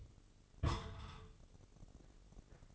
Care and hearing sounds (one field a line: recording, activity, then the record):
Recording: daily activity, microphone in the room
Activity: place on stove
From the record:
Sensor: 4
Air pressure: 996.2 hPa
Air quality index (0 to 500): 75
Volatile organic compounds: 3 ppm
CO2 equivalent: 1410 ppm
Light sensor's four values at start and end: 14/41/15/15 and 14/41/15/15